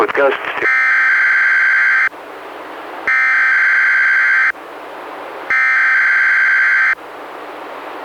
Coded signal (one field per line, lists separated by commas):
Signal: Emergency Alert System (SAME) tones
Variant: header bursts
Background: speech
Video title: EAS #123-127: 5 NWR Required Weekly Tests- Aug. 17-Sep. 14, 2016